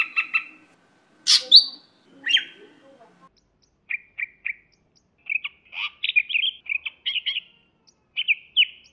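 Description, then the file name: Greater green leafbird song: harsh rasping notes, then clipped chirps and twittering whistled phrases separated by short pauses. Labelled as the Medan type of the bird. "suara cucak hjau medan"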